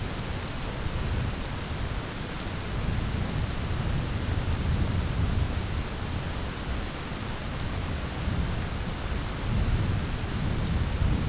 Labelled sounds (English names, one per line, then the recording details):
none
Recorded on Arctic tundra, site ZACK-1, on 10 June 2019
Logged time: 15:49